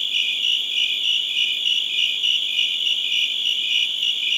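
Cricket chirping, steady high-pitched pulses repeating regularly throughout with no other sounds.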